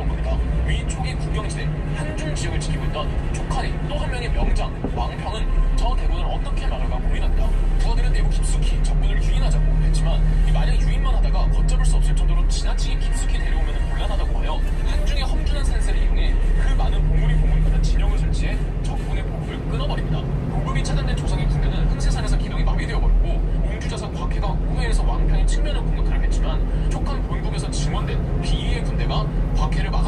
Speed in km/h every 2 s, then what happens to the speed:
25, 25, 21, 22, 24, 23, 20, 22, 25, 27, 26, 25, 25, 26, 26.
0-12 steady at about 23. 12-18 speeds up to 27. 18-30 steady at about 26.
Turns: none.